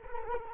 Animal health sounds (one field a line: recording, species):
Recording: mosquito wingbeat signal from an infrared sensor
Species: Culex quinquefasciatus